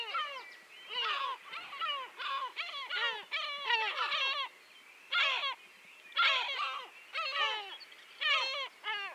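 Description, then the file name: Yellow-legged gulls calling in repeated bursts of loud, falling, nasal yelps, several birds overlapping with brief quiet gaps. Many yellow-legged gulls giving various calls. "Goéland leucophée (Larus michahellis) - Nombreux oiseaux divers cris"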